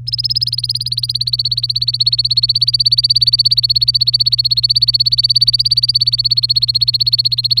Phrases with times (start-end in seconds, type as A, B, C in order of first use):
0.07-7.60 A